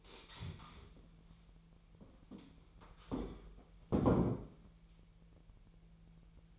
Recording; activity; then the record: daily activity, microphone in the room; stand up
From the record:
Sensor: 1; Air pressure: 1001.9 hPa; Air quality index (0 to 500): 243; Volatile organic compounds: 107 ppm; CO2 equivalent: 3798 ppm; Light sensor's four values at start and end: 10/24/10/11 and 10/24/10/11